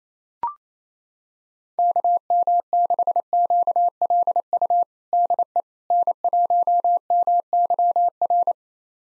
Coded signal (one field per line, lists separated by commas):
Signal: Morse code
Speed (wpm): 28 wpm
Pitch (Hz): 700 Hz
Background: none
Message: KM6QLU DE N1MYR